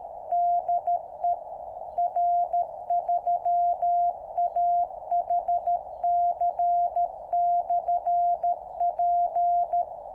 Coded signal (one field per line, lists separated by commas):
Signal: Morse code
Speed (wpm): 13 wpm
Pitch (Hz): 700 Hz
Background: none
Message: DE R3AHC/P